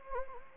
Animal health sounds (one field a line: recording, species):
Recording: mosquito wingbeat signal from an infrared sensor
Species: Anopheles gambiae